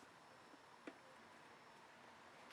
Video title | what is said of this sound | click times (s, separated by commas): Mustang Fuel Filter Replacement - SN95/New Edge 1994-2004 | make sure it clicks there | 0.9 s